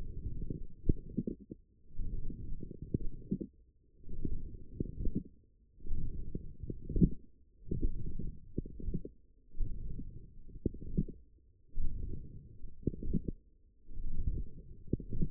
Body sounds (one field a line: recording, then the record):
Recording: forearm muscle sounds (acoustic myography)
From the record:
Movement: forearm pronation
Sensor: system 1, eight BSWA MPA416 microphones around the upper forearm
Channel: 1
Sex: female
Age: 22 years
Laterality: right